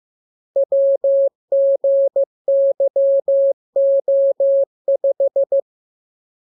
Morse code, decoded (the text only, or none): WGYO5